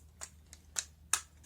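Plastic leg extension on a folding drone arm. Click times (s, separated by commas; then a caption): 1.1 s. Small plastic leg extensions on the folding arms of an AOSENMA CG028 5G WiFi GPS drone are folded out. Several light clicks occur, then a sharp, loud snap at 1.1 s as the leg extension seats and locks into position.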